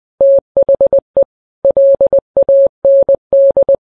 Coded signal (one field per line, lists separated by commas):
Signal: Morse code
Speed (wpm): 20 wpm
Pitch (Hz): 550 Hz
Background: none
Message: THE LAND